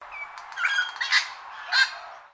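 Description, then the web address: Wattlebird calls: harsh, raspy squawking bursts with a brief whistled note, a few rough notes in all. "Sound Effects-Foundation 1 BIRD WATTLE BIRD CALL"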